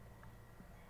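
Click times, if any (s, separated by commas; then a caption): none. A plastic switch button part is pressed toward the steering wheel switch housing of a Toyota Vios during reassembly of the steering wheel switch buttons, with only a faint brief tick near 0.2 s over low background noise. Nothing has seated or clicked into place yet.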